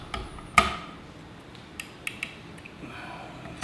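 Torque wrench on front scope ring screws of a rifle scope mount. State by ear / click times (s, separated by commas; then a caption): torque reached / 0.6 s. A torque wrench set to 45 inch-pounds tightens the front scope ring screws on a rifle scope mount. It gives a sharp metallic click at 0.6 s, with fainter ticks before and after. The wrench clicks, showing the screws have reached 45 inch-pounds.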